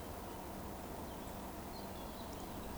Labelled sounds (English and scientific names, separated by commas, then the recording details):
Eurasian Woodcock (Scolopax rusticola) whistle
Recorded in Baden-Württemberg, Germany, on 12 June 2020 at 19:18 UTC
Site 14569, 102 m above sea level